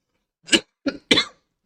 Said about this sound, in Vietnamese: Sorry anh em nhé, tự nhiên ho quá.